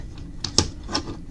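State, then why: Released. The plastic limb joint of a transforming robot toy is worked by hand until it frees itself. A few light plastic ticks lead up to a sharp plastic pop at 0.6 s, followed by a softer click near 1.0 s. The joint pops free and is released.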